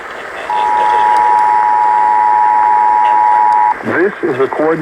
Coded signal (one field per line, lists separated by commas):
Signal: Emergency Alert System (SAME) tones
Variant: 853 and 960 Hz attention tone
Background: speech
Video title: Monthly EAS Tests vs a TRIPOD (EAS Tests from 12/12/23) (EAS #1,258-1,267)